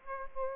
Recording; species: mosquito wingbeat signal from an infrared sensor; Aedes aegypti